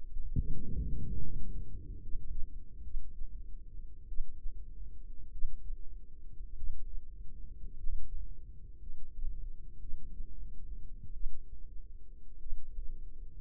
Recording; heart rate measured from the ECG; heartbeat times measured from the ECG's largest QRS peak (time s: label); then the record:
heart sounds by microphone in the left ear; 55 bpm
0.34 s: heartbeat
1.20 s: heartbeat
2.00 s: heartbeat
2.83 s: heartbeat
4.07 s: heartbeat
5.30 s: heartbeat
6.55 s: heartbeat
7.75 s: heartbeat
8.78 s: heartbeat
9.79 s: heartbeat
11.12 s: heartbeat
12.38 s: heartbeat
From the record:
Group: healthy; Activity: breath hold 0-3 s, rest 3-13 s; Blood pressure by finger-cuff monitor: 104/65 mmHg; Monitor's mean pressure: 76 mmHg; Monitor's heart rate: 50 bpm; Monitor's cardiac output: 4.5 L/min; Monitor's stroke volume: 80 mL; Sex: female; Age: 36 years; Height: 163 cm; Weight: 88 kg